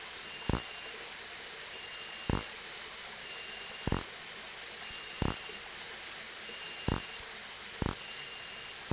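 Nesobia mjobergi giving several single very high, sharp chirps spaced one to two seconds apart, with faint background hiss.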